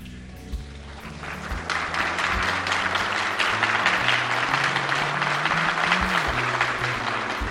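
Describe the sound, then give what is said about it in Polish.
Sustained applause in a parliamentary chamber in response to a proposed resolution on disclosing officials who collaborated with the security services, many hands clapping in a dense steady patter that swells after the first second and continues throughout, with faint murmuring voices underneath. “Sądząc z oklasków, nie muszę tego uzasadniać.”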